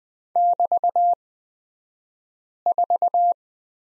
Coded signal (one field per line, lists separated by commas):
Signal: Morse code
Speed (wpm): 20 wpm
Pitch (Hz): 700 Hz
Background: none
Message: <BT>4